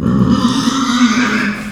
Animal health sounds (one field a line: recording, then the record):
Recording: squeal of a Yucatan mini pig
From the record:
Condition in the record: after surgery on the right vocal fold (resection and tissue-engineered implant)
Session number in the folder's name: 12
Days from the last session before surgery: 105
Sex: female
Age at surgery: 19 weeks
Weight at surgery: 25 kg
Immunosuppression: prednisolone